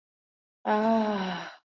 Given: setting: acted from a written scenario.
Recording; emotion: vocal sound without words; contentment